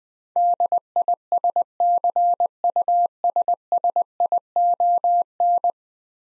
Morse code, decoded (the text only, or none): DISCUSSION